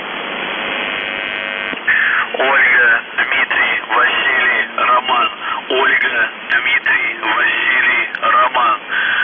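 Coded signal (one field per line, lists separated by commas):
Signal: numbers station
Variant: UVB-76, Russian voice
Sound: a short spoken voice message read over hissy shortwave radio after a brief steady hum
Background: radio static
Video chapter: 00:57 1229z Voice Message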